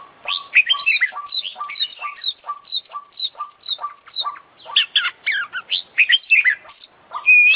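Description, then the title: Oriental magpie-robin song of fast repeated clipped notes overlaid with busy chattering and chirping phrases, ending on a sustained whistle. Competition kacer, an international champion bird, singing with full, complete isian (song fill-ins); long-duration recording. "KICAU KACER JUARA INTERNASIONAL FULL ISIAN KOMPLIT"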